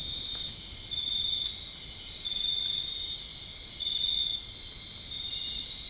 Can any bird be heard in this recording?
no